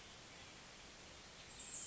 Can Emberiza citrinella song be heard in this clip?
no